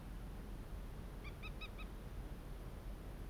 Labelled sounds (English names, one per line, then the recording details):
Common Moorhen
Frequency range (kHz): Common Moorhen 1.0-6.4 kHz
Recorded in France